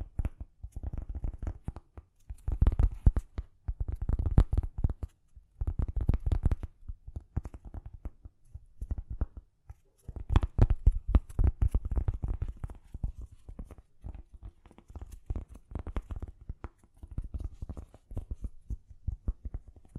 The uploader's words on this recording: ASMR Gently Tapping You to Sleep (No Talking).